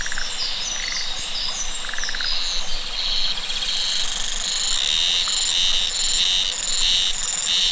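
Cicada song, harsh buzzy pulses in repeated bursts over a continuous high drone.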